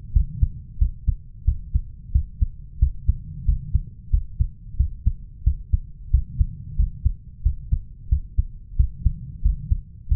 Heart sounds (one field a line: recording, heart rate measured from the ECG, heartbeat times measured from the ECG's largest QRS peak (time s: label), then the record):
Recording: heart sounds by stethoscope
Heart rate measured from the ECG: 90 bpm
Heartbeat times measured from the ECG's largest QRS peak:
0.15 s: heartbeat
0.80 s: heartbeat
1.47 s: heartbeat
2.14 s: heartbeat
2.81 s: heartbeat
3.47 s: heartbeat
4.13 s: heartbeat
4.79 s: heartbeat
5.46 s: heartbeat
6.13 s: heartbeat
6.78 s: heartbeat
7.45 s: heartbeat
8.11 s: heartbeat
8.78 s: heartbeat
9.44 s: heartbeat
10.10 s: heartbeat
From the record:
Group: healthy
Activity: rest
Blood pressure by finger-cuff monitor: 139/87 mmHg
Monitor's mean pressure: 106 mmHg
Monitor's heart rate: 90 bpm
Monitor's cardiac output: 7.3 L/min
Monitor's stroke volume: 81 mL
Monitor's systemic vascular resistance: 1070 dyn s/cm5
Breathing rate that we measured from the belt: 20 breaths a minute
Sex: male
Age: 21 years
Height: 175 cm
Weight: 72.6 kg